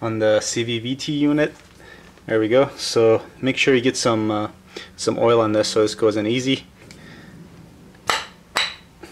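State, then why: Seated. Someone talks while an oiled CVVT variable valve timing unit is lined up with the end of the exhaust camshaft and pushed on. Sharp clicks at 8.1 s and 8.6 s mark the unit clicking into place, fully seated on the camshaft.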